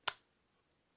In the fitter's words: hear that click that's good stuff